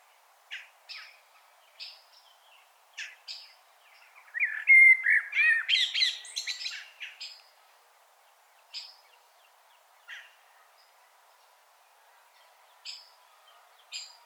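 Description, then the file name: Common blackbird song: sparse thin high notes, then a midway phrase of fluty whistles dissolving into scratchy twitters, followed again by isolated high calls. "Turdus merula"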